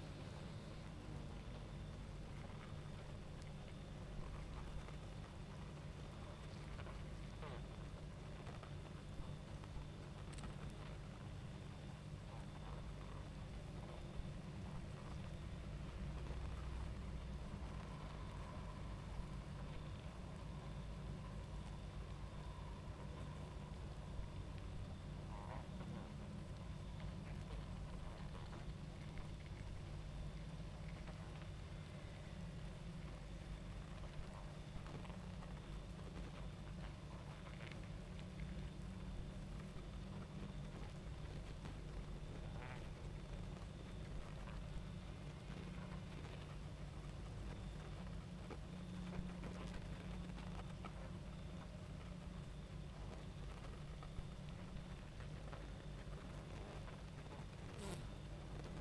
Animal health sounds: honeybee colony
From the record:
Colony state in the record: active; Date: 28 July 2017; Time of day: 22:33

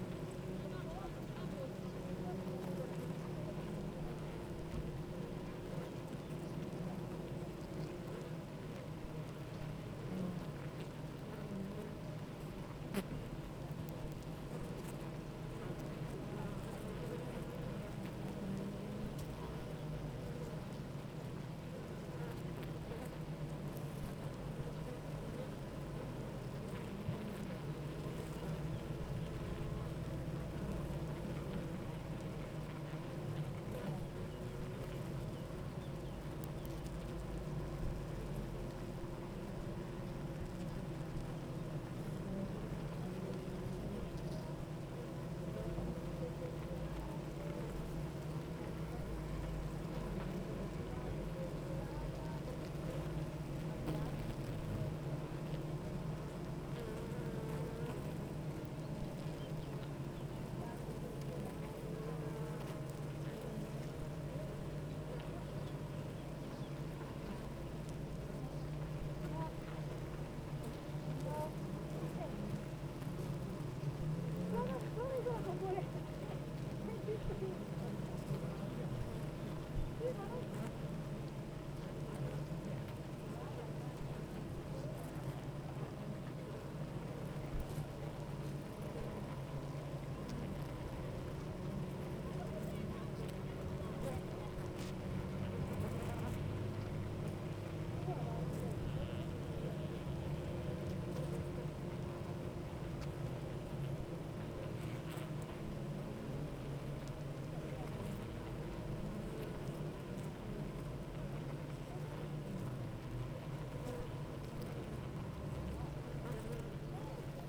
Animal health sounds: honeybee colony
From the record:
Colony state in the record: active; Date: 28 July 2017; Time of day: 8:50

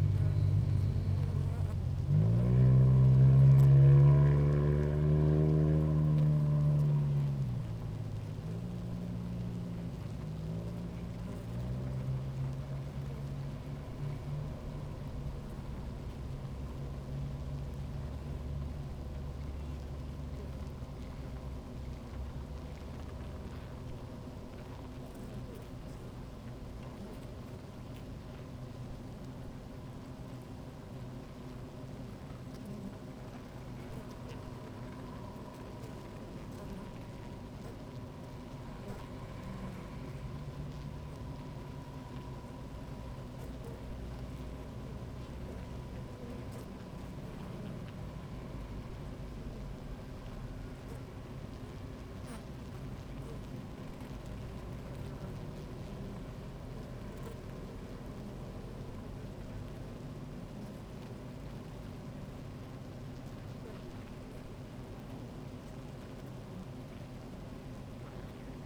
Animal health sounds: honeybee colony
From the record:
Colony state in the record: active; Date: 28 July 2017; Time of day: 16:22

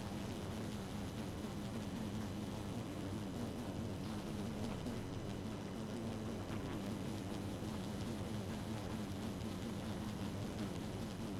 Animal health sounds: honeybee colony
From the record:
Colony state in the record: active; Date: 12 June 2018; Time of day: 1:26

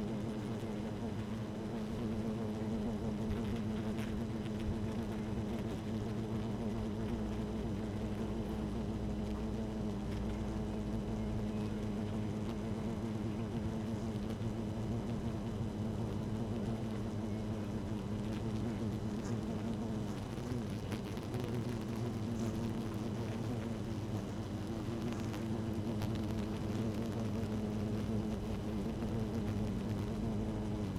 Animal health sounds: honeybee colony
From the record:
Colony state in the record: active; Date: 12 June 2018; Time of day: 13:53

